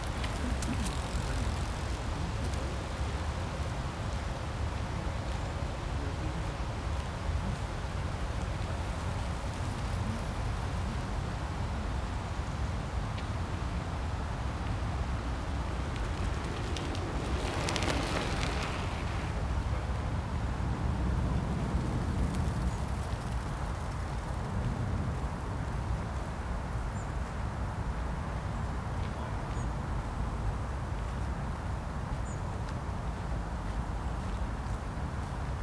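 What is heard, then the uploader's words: A steady ambience recorded in Berlin's Tiergarten, dominated by a dense, constant low rumble like traffic. Around the eighteen-second mark a brief, brighter whoosh rises and falls as something passes, and a faint hum runs through the first quarter. Berlin's Tiergarten.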